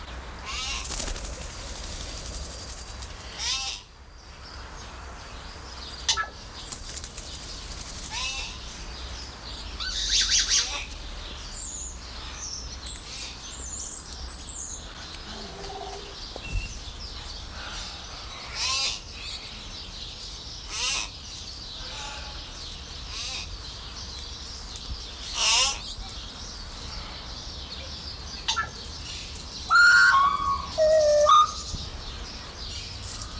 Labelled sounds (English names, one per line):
Common Hill Myna